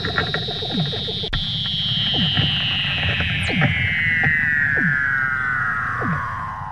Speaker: That wild sound is the call of a Weddell seal.